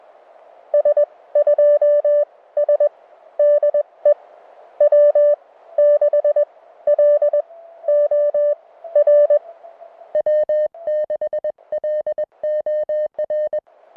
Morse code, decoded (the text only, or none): S2S DE W6LOR W6LOR